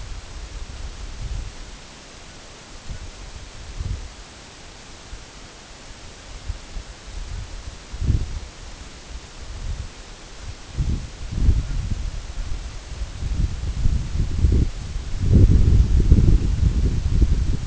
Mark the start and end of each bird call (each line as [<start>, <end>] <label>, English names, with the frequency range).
[2.23, 3.09] Canada Goose (0.7-2.1 kHz)
[7.28, 7.43] Canada Goose (0.6-2.2 kHz)
[11.59, 11.78] Canada Goose (0.7-2.3 kHz)